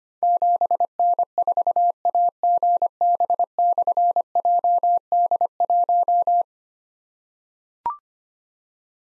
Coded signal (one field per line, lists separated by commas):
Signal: Morse code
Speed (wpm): 25 wpm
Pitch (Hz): 700 Hz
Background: none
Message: 7N4AGB/JD1